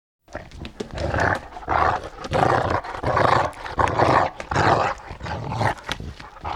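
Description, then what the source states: Continuous rough, roaring dog growls rising and falling in loud pulses, almost without pause. Growly "talking" vocalisation of a dog.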